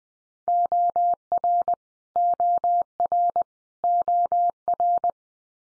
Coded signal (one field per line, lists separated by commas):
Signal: Morse code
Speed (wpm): 20 wpm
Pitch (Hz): 700 Hz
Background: none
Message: OR OR OR